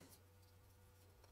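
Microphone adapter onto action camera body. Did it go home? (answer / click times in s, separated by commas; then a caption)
no / none. A plastic mic adapter is being placed onto an Insta360 Ace Pro 2 action camera body, giving faint handling ticks over a steady low hum. Nothing has seated or clicked into place yet.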